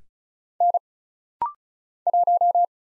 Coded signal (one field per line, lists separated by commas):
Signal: Morse code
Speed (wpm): 34 wpm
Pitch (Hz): 700 Hz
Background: none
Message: N 1